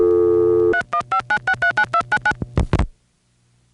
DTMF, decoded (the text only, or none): 3159639299